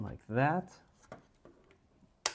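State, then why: Seated. Someone talks briefly as the bottom flap of a 3D-printed glasses case is snapped into place a second time. A sharp, loud snap is heard at 2.3 s, and the flap is seated.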